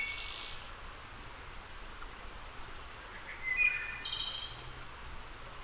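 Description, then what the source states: Wood thrush song: a high trill at the start, then a fluty whistled phrase followed by another trill, all fairly soft over rushing background noise. Returning wood thrush.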